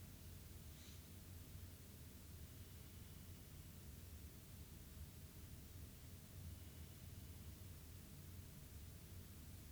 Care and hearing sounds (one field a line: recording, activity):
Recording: daily activity, guitar pickup as the sensor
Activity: sit